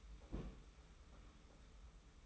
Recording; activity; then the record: daily activity, microphone in the room; place on stove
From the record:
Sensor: 1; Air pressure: 991.1 hPa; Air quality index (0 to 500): 91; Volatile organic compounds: 32 ppm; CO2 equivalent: 3011 ppm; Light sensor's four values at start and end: 36/117/46/47 and 36/117/46/47